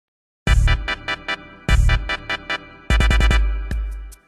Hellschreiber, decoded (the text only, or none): none